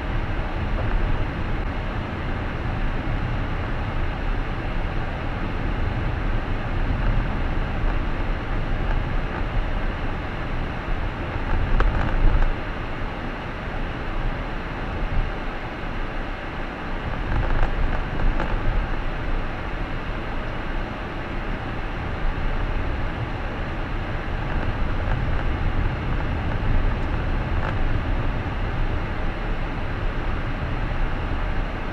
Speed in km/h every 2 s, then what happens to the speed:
41, 41, 42, 43, 43, 42, 41, 42, 40, 39, 38, 38, 38, 39, 39, 38.
0-32 steady at about 40.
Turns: none.